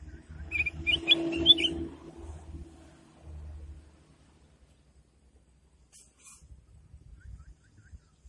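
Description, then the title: Sooty-headed bulbul singing a brief run of quick, warbled whistles in the opening seconds over low rumbling noise, followed by near quiet with faint scratchy sounds. "Suara Burung Kutilang"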